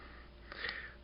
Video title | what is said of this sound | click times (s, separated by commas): Transformers Kingdom Megatron | there we go get it all re-snapped into place | 0.5 s